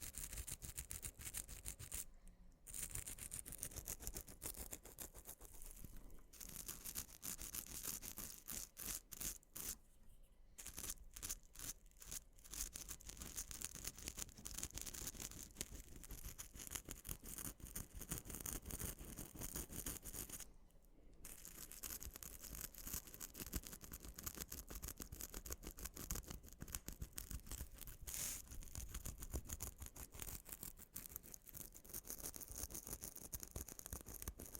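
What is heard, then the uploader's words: Dense, rapid scratching with a rough, brushing texture runs nearly nonstop, broken by brief quiet gaps near 2, 10 and 21 seconds. ASMR Mini Scratching (NO TALKING).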